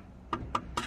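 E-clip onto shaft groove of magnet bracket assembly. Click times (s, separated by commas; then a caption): 0.3 s, 0.5 s, 0.8 s. A metal e-clip is tapped onto the groove of a shaft on a magnet bracket assembly, after the bracket was bent so it no longer scrapes. Three sharp, bright taps ring out at 0.3, 0.6 and 0.8 seconds. The e-clip locks in place, seated in the groove.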